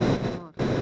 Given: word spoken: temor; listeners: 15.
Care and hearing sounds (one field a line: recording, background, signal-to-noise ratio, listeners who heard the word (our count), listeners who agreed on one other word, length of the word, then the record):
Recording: one Spanish word in noise, from a listening test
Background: noise modulated by one talker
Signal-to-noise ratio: -11.5 dB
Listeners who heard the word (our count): 0 of 15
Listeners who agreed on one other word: 9 of 15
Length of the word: 0.42 s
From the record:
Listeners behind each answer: 9, 3, 2, 1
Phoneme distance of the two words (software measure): 17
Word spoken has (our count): 2 syllables, 5 phonemes, stress on syllable 2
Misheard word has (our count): 2 syllables, 4 phonemes, stress on syllable 2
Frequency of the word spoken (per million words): 50.75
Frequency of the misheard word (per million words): 207.72